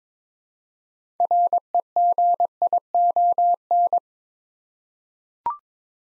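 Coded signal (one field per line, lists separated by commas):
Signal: Morse code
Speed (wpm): 22 wpm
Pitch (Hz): 700 Hz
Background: none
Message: REGION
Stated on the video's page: Morse code practice at 22 wpm: six-letter words for head-copy, each sent twice, aimed at instant character recognition.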